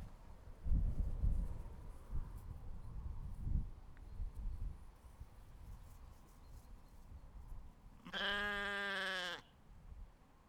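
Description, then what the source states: Sheep bleat: several seconds of low rustling and thumping, then one loud, sustained, slightly wavering bleat, followed by quiet. Recorded outdoors.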